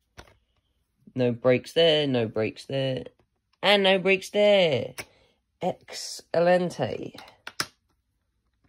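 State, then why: Seated. Someone talks while checking the brittle plastic DVD cases of a complete-series DVD boxset for cracks. A plastic DVD case is pressed closed, or its part is pressed into place, giving sharp clicks at 7.5 s and 7.6 s. It clicks in perfectly, seated.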